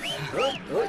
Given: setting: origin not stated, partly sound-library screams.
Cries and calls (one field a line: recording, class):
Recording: one-second piece from a danger detection set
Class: normal situation